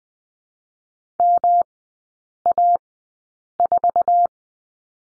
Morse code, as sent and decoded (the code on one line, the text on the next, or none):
-- .- ....-
MA4